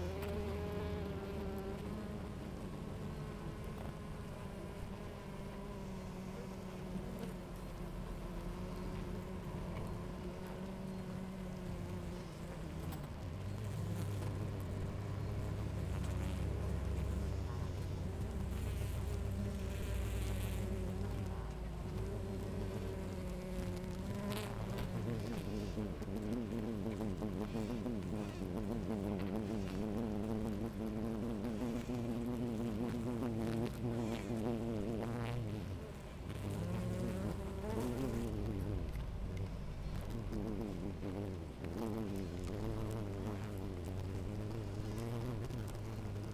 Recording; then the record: honeybee colony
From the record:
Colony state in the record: active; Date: 28 July 2017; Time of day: 16:31